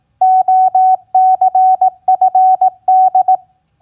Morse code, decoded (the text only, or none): OCFD